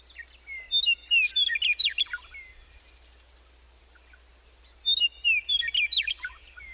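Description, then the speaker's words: Western meadowlark song, two separate phrases of flute-like whistles ending in a quick jumbled gurgle, about four seconds apart, over faint low background noise. Sings in open grassland downhill from a ponderosa pine savanna. "Downhill, the trees give way to an open grassland where a western meadowlark sings."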